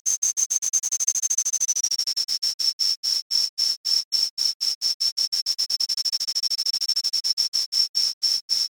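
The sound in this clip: Cicada song: a high, sharply pulsed buzz, dipping slightly in pitch after about two seconds and then holding steady; no other sounds.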